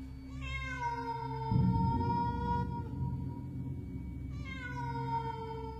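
A cat lets out two long, drawn-out meows, the second after a short pause, each clear and tonal above a steady low rumbling background with no talking.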